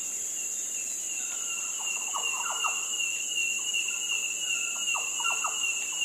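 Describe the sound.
Yellow oriole fluty calls: two groups of quick mellow whistled notes, with a steady thin high whine and constant high hiss in the background.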